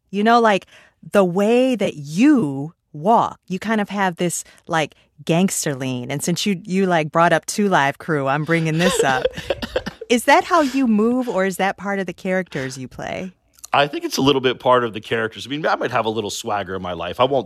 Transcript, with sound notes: you know? Like, the way that you walk, you kind of have this, like, gangster lean. And since you, like, brought up 2 Live Crew, I'm bringing this up.
(Laughter).
Is that how you move or is that part of the characters you play?
I think it's a little bit part of the characters. I mean, I might have a little swagger in my life.